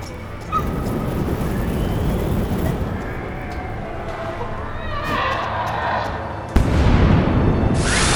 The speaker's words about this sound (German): Eine Explosion riss Finn und Sean von ihren Füßen. Schwarzer Qualm drang aus dem Gang, in dem Mr. Mattock verschwunden war. Anscheinend war der Behälter mit der Brennflüssigkeit einfach explodiert.